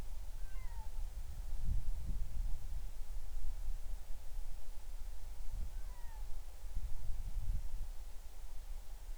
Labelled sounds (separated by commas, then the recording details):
bird
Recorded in the Arctic National Wildlife Refuge, Alaska, on 20 July 2019 at 02:55
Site 38